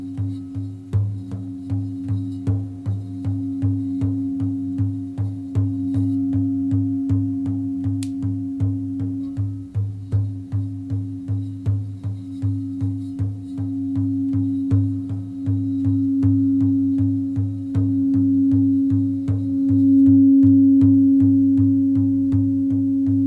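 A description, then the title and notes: Shamanic drumming: a steady, fast, even beat of soft low drum strikes, roughly three or four per second, continuing for the whole clip. Under the beats sits a sustained low humming drone that swells slightly louder near the end. Deep vibrations using singing bowls targeting the crown and heart chakra along with some Shamanic drumming.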